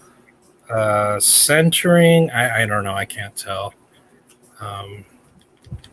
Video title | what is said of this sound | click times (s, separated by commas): Unboxing Random Schwag from Ross Discount: Folding saw, tarp, backpack bladder, etc | it locks in place | 5.8 s